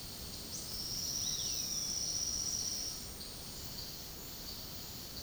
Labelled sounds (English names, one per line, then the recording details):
Silvered Antbird
Roadside Hawk
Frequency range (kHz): Silvered Antbird 4.6-6.6 kHz; Roadside Hawk 2.4-4.5 kHz
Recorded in secondary vegetation near Puerto Asís, Putumayo, Colombia, on 20 February 2024 at 09:30
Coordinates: 0.468, -76.324
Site G6381